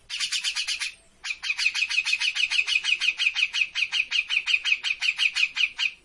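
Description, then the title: Grey-cheeked bulbul chattering steadily, a short burst then a longer even series of rapid rasping notes. Bird-training master (masteran) of a cucak jenggot singing continuously (gacor). "Cucak Jenggot Gacor. Masteran burung cucak jenggot ! Suaka burung"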